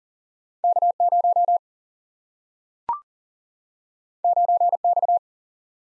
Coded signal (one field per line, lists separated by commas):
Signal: Morse code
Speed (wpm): 40 wpm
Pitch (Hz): 700 Hz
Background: none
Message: K 0 9 X